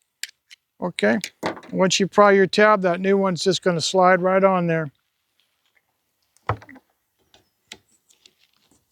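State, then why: Seated. Someone talks while a new Rain-X Latitude wiper blade, its tab already pried, is slid onto the hook of a metal wiper arm. The blade is pulled with light pressure until it snaps into place with a sharp click at 6.5 s, followed by a few faint ticks, seating it so it won't come off while driving.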